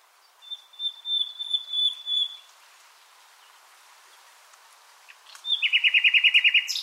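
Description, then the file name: Common nightingale song: a long steady whistled note in several parts, silence, then a fast rattling series of repeated notes. "Luscinia megarhynchos"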